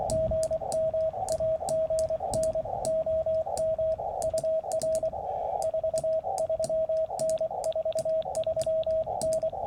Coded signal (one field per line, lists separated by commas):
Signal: Morse code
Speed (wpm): 24 wpm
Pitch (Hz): 660 Hz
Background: radio noise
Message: GM AGN OM UR 43N 43N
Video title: Challenger OCF Vertical Halfwave: Better than POTA Performer?